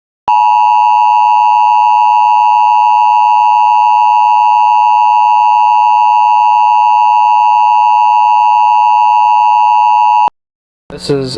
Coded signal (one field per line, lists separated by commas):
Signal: Emergency Alert System (SAME) tones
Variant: 853 and 960 Hz attention tone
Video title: J93.1 FM Radio EAS Practice/Demo